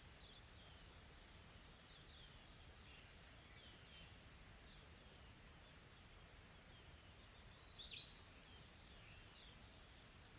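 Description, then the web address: Insects hum in a high, even shimmer that thins after a few seconds, with faint scattered bird notes below. Soft, calm insect ambience in tropical forest, South Africa. "Sonniss - GDC 2020-Game Audio Bundle Smart Sound FX - Nature South Africa AMBIENCE Additional Tropical Forest Soft Insects Calm"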